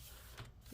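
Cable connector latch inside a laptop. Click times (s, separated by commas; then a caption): 0.4 s. During reassembly of a Dell G7 15 7588 laptop, a cable connector is slid into place and its latch is closed. A single small click is heard at 0.4 s over a steady low hum, and the connector latch is seated shut.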